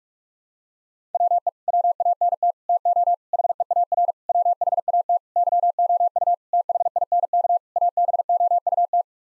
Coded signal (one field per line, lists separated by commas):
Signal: Morse code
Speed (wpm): 41 wpm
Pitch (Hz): 700 Hz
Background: none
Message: WE WANT TO HEAR WHAT YOU THINK ABOUT